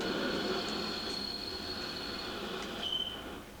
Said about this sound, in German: Was ist denn nun los? Der Zug hält ja schon wieder.